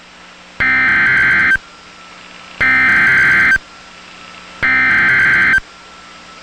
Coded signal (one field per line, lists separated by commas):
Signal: Emergency Alert System (SAME) tones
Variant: header bursts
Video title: Severe Thunderstorm Warning (EAS #517)